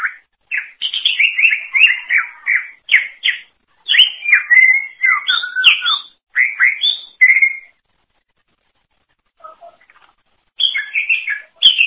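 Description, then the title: Greater green leafbird singing a lively run of varied whistled and chattering phrases, quick notes rising and falling, with a short pause before the song resumes near the end. "Cucak ijo"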